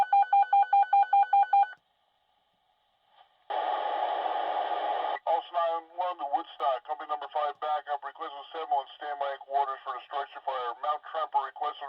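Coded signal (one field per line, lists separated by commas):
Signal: pager alert tone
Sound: quick warbling beeps alternating between two pitches, then a pause and a radio voice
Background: dispatcher voice over radio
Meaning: Alert tones sounded before a fire department dispatch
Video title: Fire Department Dispatch Pager Sound Effect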